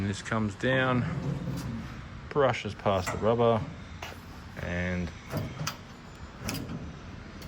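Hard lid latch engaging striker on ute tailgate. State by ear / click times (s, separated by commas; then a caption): seated / 6.5 s. Someone talks as the fabricated hard lid on a Holden RBEH ute's tailgate is lowered, brushing past the rubber seal. At 6.5 s the hard lid latch engages the striker with a short, sharp hit and locks in place.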